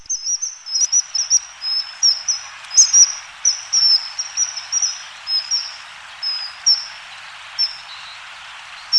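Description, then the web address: Bird calls: many thin, very high chirps in an uneven series, over a soft steady background hiss. Recorded in Higashiosaka, Japan. "higashiosaka bird koe"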